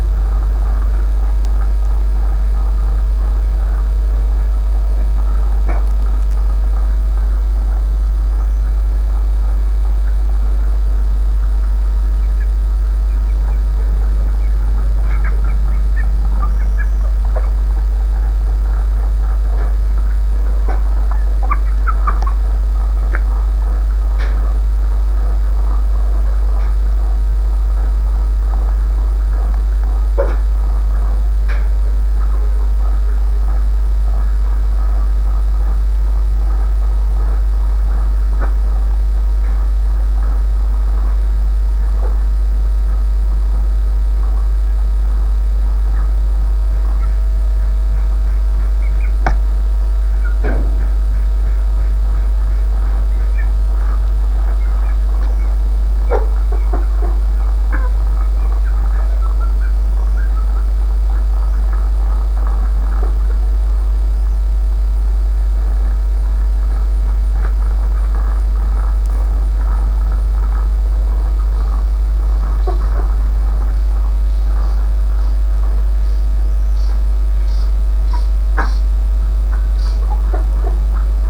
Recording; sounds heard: poultry house recording; sick chickens (respiratory disease)